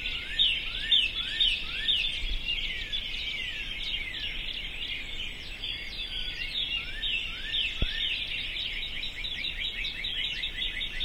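Birds in full chorus, continuous bright chirps and short falling notes overlapping, with a single sharp tap late on.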